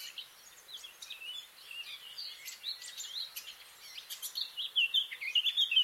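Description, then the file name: Eurasian blackcap song: low-volume chattering warble rising steadily in loudness to a clear, fluting high finish. "Sylvia atricapilla"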